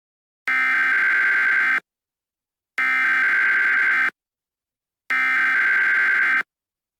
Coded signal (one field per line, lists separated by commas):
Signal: Emergency Alert System (SAME) tones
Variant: header bursts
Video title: EAS Scenario Duble Threat SCP-106 & SCP-280.